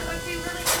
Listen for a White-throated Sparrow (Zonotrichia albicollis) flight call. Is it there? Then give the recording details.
no. No flight call is heard. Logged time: 00:18 on 3 September 2014